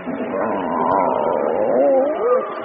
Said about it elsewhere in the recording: The simulated sounds of dying. Some call it the death rattle. People stop swallowing, the lungs fill up, there can be moaning. So you get all that noise, and that's really distressing for family members. Gurgling into microphones in a dark closet. In real time, the sound comes out of lifelike robots in hospital beds.